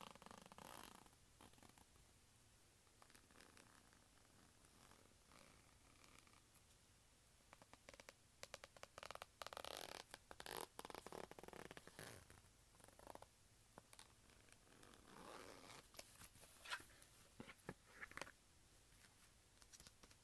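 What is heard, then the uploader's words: Leather wallet handling: creaks, rubs and soft scuffs as the wallet is opened, folded and fiddled with. The sounds come in irregular bursts, with a dense flurry of rustling around ten seconds and sharper clicks and snaps near the end. ASMR Leather Wallet Sounds.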